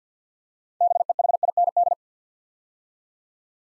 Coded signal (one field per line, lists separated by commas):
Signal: Morse code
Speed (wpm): 50 wpm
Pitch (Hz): 700 Hz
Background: none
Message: BEHIND